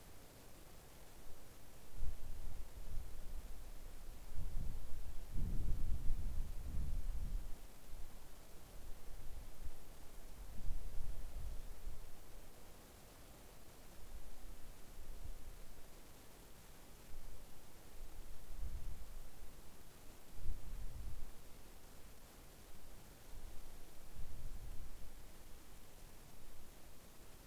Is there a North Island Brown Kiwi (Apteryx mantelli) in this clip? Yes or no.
no